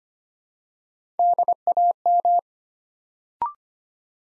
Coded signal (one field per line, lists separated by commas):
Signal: Morse code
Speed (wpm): 25 wpm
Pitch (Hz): 700 Hz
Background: none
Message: DAM